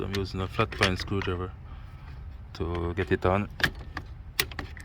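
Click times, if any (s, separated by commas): 4.4 s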